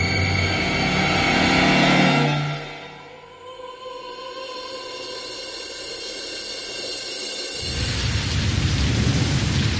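Steady rain hisses throughout, an afternoon drizzle that lasts into the evening, opening with a low rumble of thunder that fades after a couple of seconds, then swells into a louder, denser downpour toward the end.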